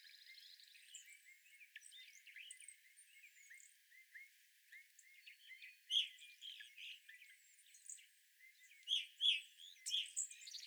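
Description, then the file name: Evening grosbeak calls, faint chirps early on, then louder ringing notes in bursts from about six seconds. Several evening grosbeaks, recorded 25 April 2021. "2021-04-25 Evening Grosbeaks"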